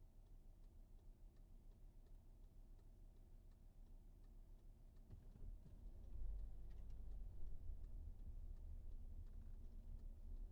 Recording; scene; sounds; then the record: everyday scene through a hearing-aid microphone; in a vehicle; engine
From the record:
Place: VW T5 Caravelle, diesel engine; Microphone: behind the ear, right, front